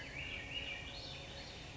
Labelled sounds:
Swainson's Thrush
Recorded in Sonoma County, California

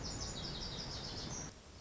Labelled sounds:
Lazuli Bunting
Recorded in Sonoma County, California

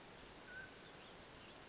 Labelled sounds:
Mountain Quail
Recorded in Sonoma County, California

